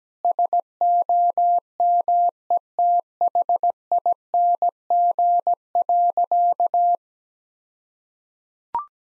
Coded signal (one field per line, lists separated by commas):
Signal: Morse code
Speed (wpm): 17 wpm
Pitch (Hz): 700 Hz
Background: none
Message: SOMETHING.